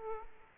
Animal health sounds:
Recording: mosquito wingbeat signal from an infrared sensor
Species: Aedes aegypti

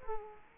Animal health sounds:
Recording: mosquito wingbeat signal from an infrared sensor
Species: Culex quinquefasciatus

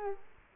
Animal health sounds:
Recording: mosquito wingbeat signal from an infrared sensor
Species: Culex quinquefasciatus

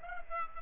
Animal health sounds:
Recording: mosquito wingbeat signal from an infrared sensor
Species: Culex pipiens

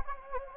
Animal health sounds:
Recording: mosquito wingbeat signal from an infrared sensor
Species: Anopheles gambiae

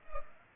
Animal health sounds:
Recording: mosquito wingbeat signal from an infrared sensor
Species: Culex pipiens

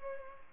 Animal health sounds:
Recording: mosquito wingbeat signal from an infrared sensor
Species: Culex pipiens

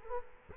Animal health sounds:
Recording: mosquito wingbeat signal from an infrared sensor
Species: Culex quinquefasciatus

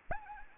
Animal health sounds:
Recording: mosquito wingbeat signal from an infrared sensor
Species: Anopheles gambiae

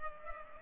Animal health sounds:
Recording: mosquito wingbeat signal from an infrared sensor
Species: Culex pipiens

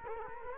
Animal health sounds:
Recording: mosquito wingbeat signal from an infrared sensor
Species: Culex quinquefasciatus

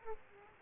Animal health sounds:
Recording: mosquito wingbeat signal from an infrared sensor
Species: Aedes aegypti

